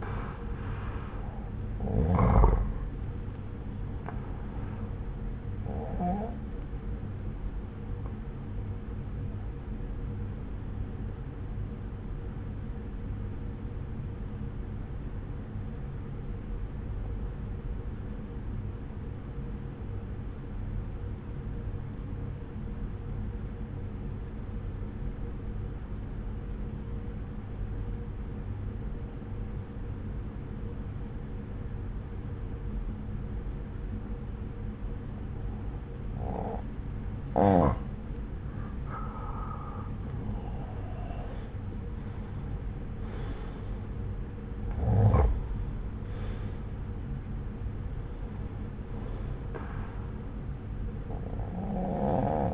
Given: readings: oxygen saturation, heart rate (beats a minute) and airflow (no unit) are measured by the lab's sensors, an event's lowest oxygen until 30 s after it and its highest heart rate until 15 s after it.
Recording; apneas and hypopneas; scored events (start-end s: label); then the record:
breathing in sleep by a smartphone at the bedside; 1
4.00-52.54 s: new sleep stage, N1 (lightest sleep)
15.00-39.20 s: obstructive apnea (N1, oxygen 95% highest, then 88% lowest)
From the record:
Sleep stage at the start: N2 (light sleep); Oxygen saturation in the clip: 87 to 95%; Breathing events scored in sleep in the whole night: 303 in 8.1 hours asleep